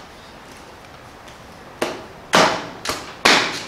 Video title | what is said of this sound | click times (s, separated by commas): Camper Frame converted to Utility Trailer | bit of a love tap there and everything snaps into place | 3.3 s